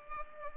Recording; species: mosquito wingbeat signal from an infrared sensor; Culex pipiens